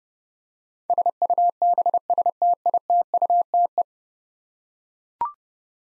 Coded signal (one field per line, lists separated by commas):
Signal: Morse code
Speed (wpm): 30 wpm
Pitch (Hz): 700 Hz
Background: none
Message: SUBSTITUTE